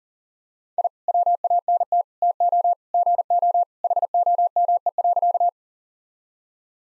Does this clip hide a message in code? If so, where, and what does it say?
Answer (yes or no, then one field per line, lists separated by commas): yes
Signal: Morse code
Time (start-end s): 0.8-5.5 s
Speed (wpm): 37 wpm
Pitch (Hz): 700 Hz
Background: none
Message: I WANT TO GO HOME.